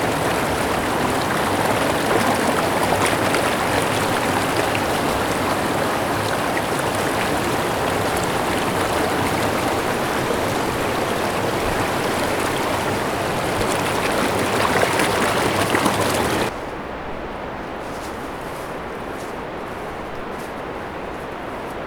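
Rushing river water roars densely and steadily below a bridge for sixteen seconds, then abruptly drops to a quieter, duller wash.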